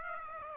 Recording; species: mosquito wingbeat signal from an infrared sensor; Aedes aegypti